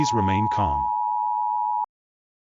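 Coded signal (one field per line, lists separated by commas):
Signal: Emergency Alert System (SAME) tones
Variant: 853 and 960 Hz attention tone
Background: speech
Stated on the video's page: Fictional EAS scenario.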